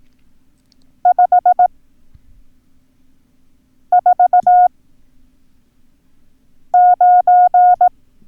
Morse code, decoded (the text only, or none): 549